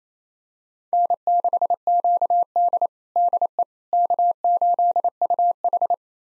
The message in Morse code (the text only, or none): N6QD DE K8UH